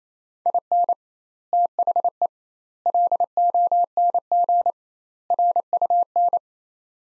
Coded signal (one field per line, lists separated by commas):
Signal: Morse code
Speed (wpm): 28 wpm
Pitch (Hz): 700 Hz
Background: none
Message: IN THE LONG RUN